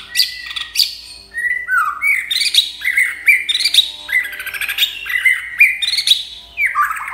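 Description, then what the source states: White-rumped shama song: rich, varied whistled phrases, some sliding down and others rising, with sharp high notes mixed in, delivered in quick bursts. Champion bird from a singing contest.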